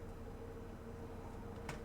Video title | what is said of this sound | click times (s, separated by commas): 这稀碎的关节，魔神英雄传万代NX新星邪虎丸 | 屁股这里的这2个零件好歹卡住了，但是侧面这里也是很松的 | 1.7 s